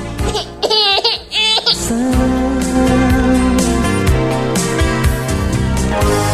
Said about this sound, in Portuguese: Olha, gente, tem uma criança. Tem uma criança aqui do meu lado. Esquerdo, tá chorando muito numa cozinha aqui, por favor. A mamãe dá um chega rapidinho, tá?